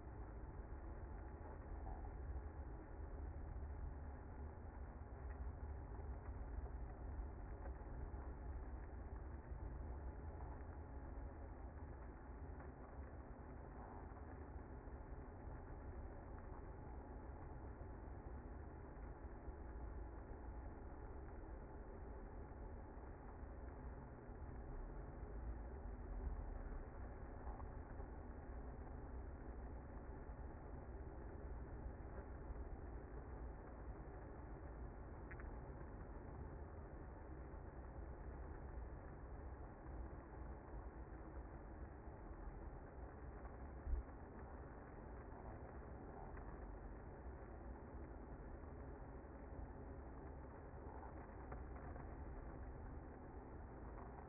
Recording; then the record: honeybee colony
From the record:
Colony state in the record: active